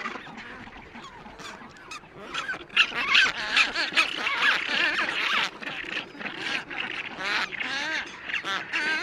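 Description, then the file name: Black-browed albatross chorus, with rough squawks and warbling harmonic wails coming in quick bursts. The calling grows louder and busier after the first few seconds. "Canto do albatroz de sobrancelha"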